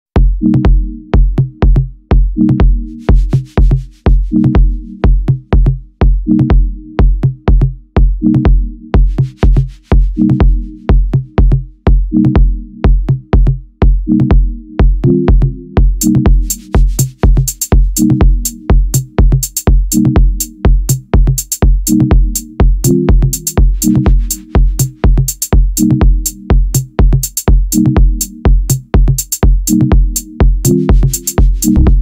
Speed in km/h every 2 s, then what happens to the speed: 26, 25, 21, 20, 22, 24, 28, 25, 22, 24, 28, 26, 23, 24, 25, 26.
0-7 steady at about 21. 7-12 speeds up to 28. 12-16 slows to 22. 16-32 steady at about 24.